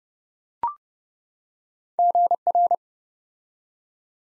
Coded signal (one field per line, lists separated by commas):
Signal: Morse code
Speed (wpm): 29 wpm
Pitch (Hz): 700 Hz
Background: none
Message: GR